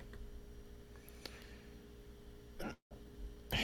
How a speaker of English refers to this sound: Okay, well, it appears I have the hiccups, folks.